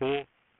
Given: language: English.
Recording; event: throat vibration sensor signal played as sound; speech